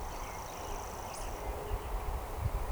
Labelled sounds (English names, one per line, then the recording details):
Eurasian Woodcock
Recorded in Baden-Württemberg, Germany, on 13 June 2020 at 19:19 UTC
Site 43791, 788 m above sea level